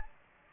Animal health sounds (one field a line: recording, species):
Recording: mosquito wingbeat signal from an infrared sensor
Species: Anopheles gambiae